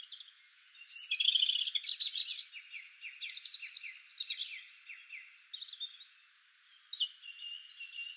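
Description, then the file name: European robin song: high twittering and buzzy trills, a series of fast repeated slurred notes, then thin whistled phrases. "Erithacus rubecula"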